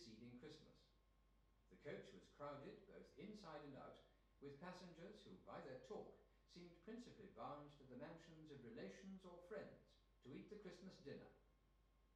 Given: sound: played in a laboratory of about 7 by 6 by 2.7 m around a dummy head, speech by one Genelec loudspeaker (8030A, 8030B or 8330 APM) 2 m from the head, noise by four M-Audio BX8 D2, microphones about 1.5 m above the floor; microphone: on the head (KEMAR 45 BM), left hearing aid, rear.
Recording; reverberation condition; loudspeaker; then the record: male speech in English; medium; 90 degrees to the right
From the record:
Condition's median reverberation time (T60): about 510 ms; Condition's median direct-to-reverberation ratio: about -0.5 dB